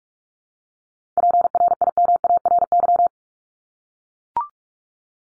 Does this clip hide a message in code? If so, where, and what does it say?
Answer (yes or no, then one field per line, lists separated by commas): yes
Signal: Morse code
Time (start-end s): 1.2-3.1 s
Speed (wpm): 44 wpm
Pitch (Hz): 700 Hz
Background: none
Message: PRIMARY